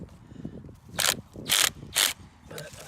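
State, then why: Stripped. A cordless driver drives a wood screw into recycled plastic lumber landscape edging to pull the edging in further. Three loud, broadband ratcheting bursts are heard at about 1.0–1.1 s, 1.5–1.7 s and 2.0–2.1 s, with sharp clicks at 1.0, 1.05 and 1.1 s. The screw has stripped out of its hole in the plastic lumber.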